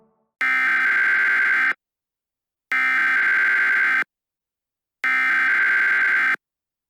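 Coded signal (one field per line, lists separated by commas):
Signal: Emergency Alert System (SAME) tones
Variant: header bursts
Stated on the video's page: Fictional EAS scenario.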